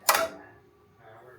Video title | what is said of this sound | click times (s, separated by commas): Using SEWTECH Belt Hoop on Melco EMT16X #diy #embroidery #sewtech | when I push this in, you're gonna hear it click | 0.1 s